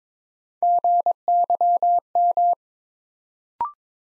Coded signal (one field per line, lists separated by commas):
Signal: Morse code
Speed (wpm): 22 wpm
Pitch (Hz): 700 Hz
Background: none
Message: GYM